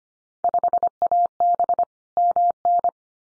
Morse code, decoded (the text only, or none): 5AB MN